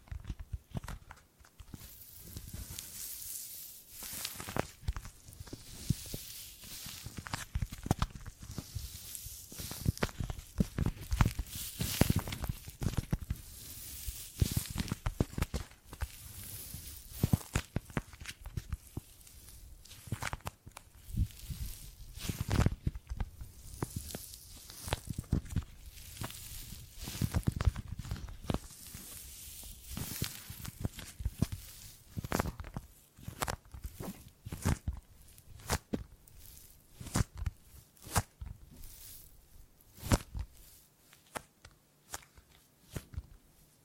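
Gripping and grabbing sounds, a dense run of short rustling and scuffing handling noises that continues across the whole clip. The bursts come quickly and unevenly, some with a low thump, between brighter scratchy textures. Activity thins out near the end.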